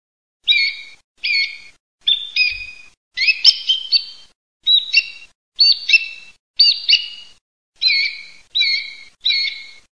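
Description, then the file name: Song thrush song: ten short phrases of mixed whistles and chirps, each under a second, with a brief click partway through. "Tordofranco"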